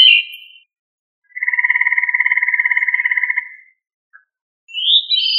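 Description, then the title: Thrush singing whistled phrases around a long rapid trill, with a fainter lower tone beneath it, followed by a rising whistled flourish. Sabiá, of the thrush family Turdidae. "Familia Turdidae - Sabia"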